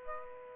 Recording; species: mosquito wingbeat signal from an infrared sensor; Aedes aegypti